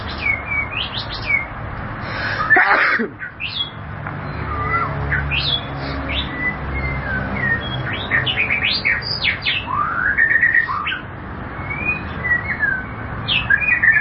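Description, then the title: White-rumped shama pouring out varied whistles and slurred notes, broken early by a brief harsh burst, then continuing with rising and falling phrases. "Kicau Murai Batu"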